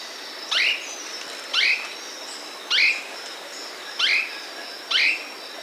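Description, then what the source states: Slaty gnateater song: a sharp note repeated five times over steady background hiss. South America.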